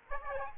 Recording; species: mosquito wingbeat signal from an infrared sensor; Aedes aegypti